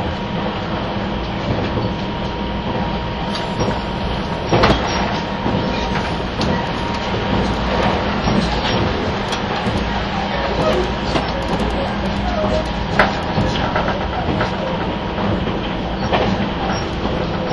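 Running sound of the 651 series Super Hitachi express: a steady, dense rumble with a faint whine and occasional brief clacks and knocks.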